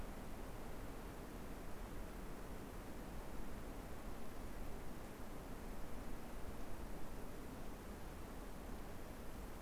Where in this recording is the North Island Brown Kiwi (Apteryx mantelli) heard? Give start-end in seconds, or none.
none